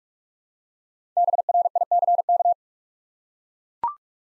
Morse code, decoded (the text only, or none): BRICK